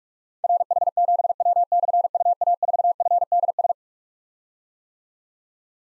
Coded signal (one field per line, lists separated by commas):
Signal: Morse code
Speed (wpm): 44 wpm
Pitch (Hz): 700 Hz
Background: none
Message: RH7W/UA4FDS